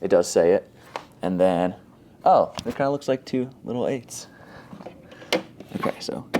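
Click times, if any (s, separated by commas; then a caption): 5.3 s. Someone talks while lining up the power/water cord's plug on an 8 Sleep Pod 4 bed-cooling hub, with one side turned down, and pressing it firmly into the hub's connector until it clicks twice, as the instructions require. A sharp click lands at 5.3 s, followed by fainter ticks, and the plug is seated in the hub connector.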